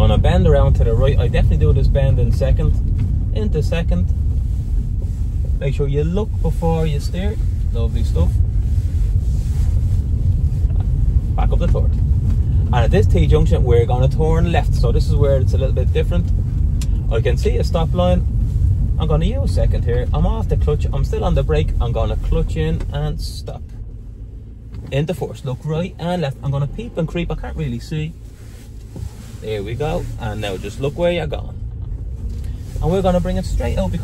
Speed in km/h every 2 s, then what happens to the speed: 29, 17, 13, 9, 12, 22, 25, 26, 22, 19, 14, 3, 0, 2, 2, 4, 10.
0-6 slows to 9. 6-11 speeds up to 25. 15-23 slows to 0. 23-29 standing. 29-34 pulls away to 10.